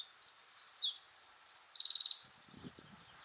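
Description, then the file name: Eurasian wren song, a rapid, loud burst of high trills and warbled notes lasting about two and a half seconds, then stopping abruptly. "Troglodytes troglodytes"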